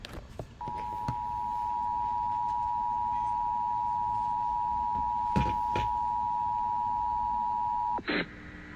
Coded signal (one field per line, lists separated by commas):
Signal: Emergency Alert System (SAME) tones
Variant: 853 and 960 Hz attention tone